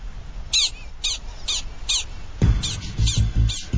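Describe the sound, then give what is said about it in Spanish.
A prairie dog gives an alarm call warning of a coyote: sharp, high, repeated chirping barks about twice a second, joined by a low rumbling noise in the second half. “Científicos de la Universidad de Arizona llevan los cuatro últimos decenios recopilando datos que les permitan descifrar los mensajes acústicos de esta fascinante especie. Cuidado, coyote.”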